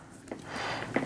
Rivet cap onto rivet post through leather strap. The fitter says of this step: till it kind of snaps into place.